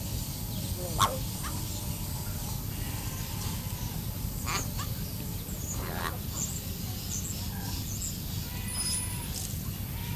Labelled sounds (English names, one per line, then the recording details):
Yellow-faced Myna call
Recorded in captivity
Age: adult
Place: Zoo Halle, Sachsen-Anhalt, DE
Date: 2005-10-10 11:50
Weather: overcast, 10°C
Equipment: Panasonic RQ-2102, Sennheiser ME 80, Kopie Uher 4000 Report Monitor
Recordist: Tembrock, Günter